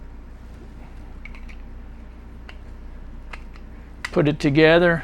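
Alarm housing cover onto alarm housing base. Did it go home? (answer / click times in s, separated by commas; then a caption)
no / none. The plastic cover of an Eesens Guardian bike alarm housing is lined up with its base by the mounting holes before the two halves are pressed together, with a few light handling taps heard around 1.3, 2.5, 3.3 and 3.6 seconds. Nothing has snapped or clicked into place yet. Near the end, someone talks.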